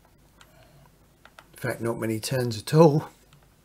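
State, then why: Not seated. A plastic drain pump filter is turned clockwise into the pump housing of a Candy washing machine that was not draining water, with a few faint light ticks from handling while someone talks. Nothing has seated or clicked yet; the filter is still being handled and is not locked home.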